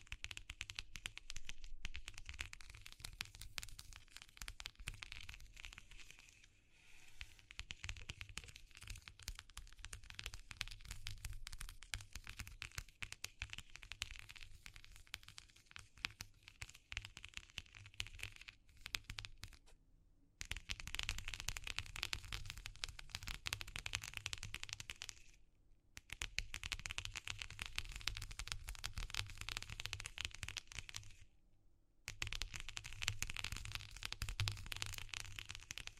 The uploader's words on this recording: ASMR Exploring Textures (No Talking).